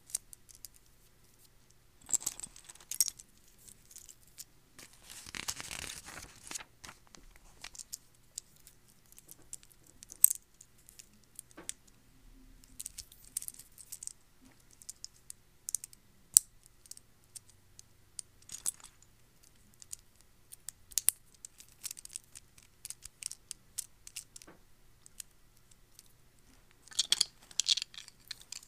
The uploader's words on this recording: No to zero mouth sounds. Lego building ASMR! - clicking , clacking.